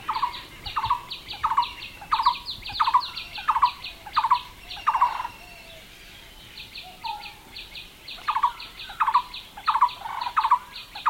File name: Megalaima lineata - Lineated Barbet